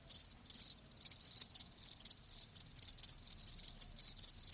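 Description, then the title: Cricket chirping, high-pitched pulsed bursts in a fast regular rhythm, clear and steady. Live crickets chirping, a lulling song. "Live Crickets Chirping"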